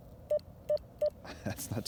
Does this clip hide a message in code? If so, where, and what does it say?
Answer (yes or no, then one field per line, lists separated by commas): no